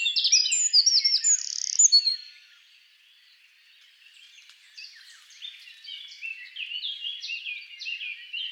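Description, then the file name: Eurasian wren singing a loud, rapid high-pitched warble that breaks off after two seconds; a quieter, scratchier twittering stretch follows. "Troglodytes troglodytes"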